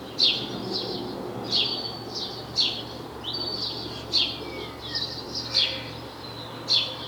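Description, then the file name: House sparrow uttering a series of quick, emphatic chirps, often doubled, spaced about a second apart against a soft constant hum. "Passer domesticus"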